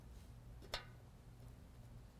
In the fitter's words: that snapped in I can take my sensor and slide that in and that